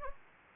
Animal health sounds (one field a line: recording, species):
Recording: mosquito wingbeat signal from an infrared sensor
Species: Anopheles gambiae